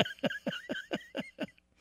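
Seven quick, rhythmic snorting bursts, about four a second, from a 16-year-old dog: a harsh nose-and-throat clearing noise, not snoring, like someone trying to pull phlegm from the back of the throat. It has gone on for three weeks; a rhinoscopy and CT scan are planned to check for a tumor or infection. The dog shows no discomfort.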